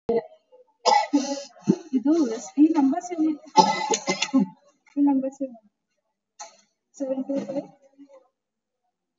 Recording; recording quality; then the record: shallow breathing; moderate, slight background noise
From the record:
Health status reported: exposed to COVID-19, no respiratory illness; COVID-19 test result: negative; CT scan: not taken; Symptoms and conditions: cold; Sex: female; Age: 39 years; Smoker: no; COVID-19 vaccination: both doses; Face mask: worn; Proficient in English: yes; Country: India